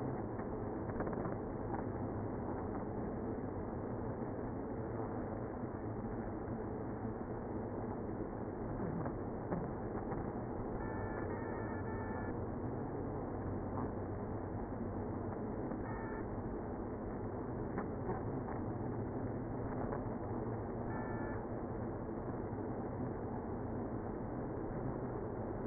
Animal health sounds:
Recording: honeybee colony, microphone inside the hive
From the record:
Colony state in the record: queenless (queen removed)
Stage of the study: after two queens were removed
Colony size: about 60,000 bees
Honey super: yes

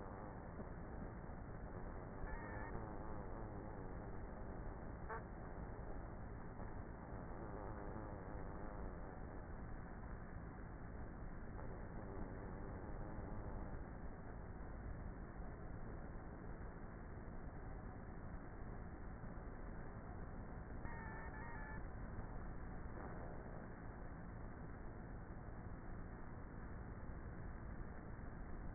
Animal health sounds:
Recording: honeybee colony, microphone inside the hive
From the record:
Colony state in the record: queenless with a low population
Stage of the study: before two queens were removed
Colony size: about 30,000 bees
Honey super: no

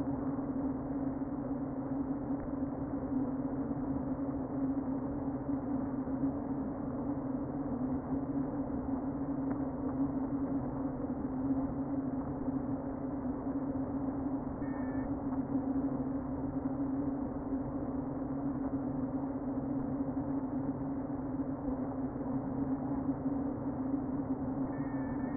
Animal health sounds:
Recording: honeybee colony, microphone inside the hive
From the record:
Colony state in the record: queen present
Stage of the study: before two queens were removed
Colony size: about 60,000 bees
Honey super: yes

